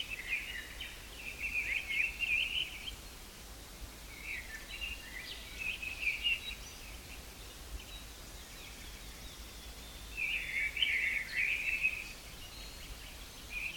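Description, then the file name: Great tit call: clusters of rapid, high, buzzy-chattering notes arriving in several bursts, with steady background hiss between them. "Parus major"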